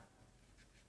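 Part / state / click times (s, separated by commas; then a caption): battery cover onto vape mod / not seated / none. A small plastic battery cover with tiny lugs at the top and bottom is handled and pressed onto a Lost Vape Therion BF DNA75W vape mod. Only a steady, low, rubbing handling noise with faint scratchy texture is heard, with no sharp transients. Nothing has seated or clicked yet.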